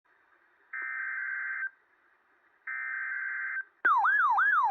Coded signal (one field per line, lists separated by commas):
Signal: Emergency Alert System (SAME) tones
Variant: header bursts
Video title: The Infection (EAS Scenario)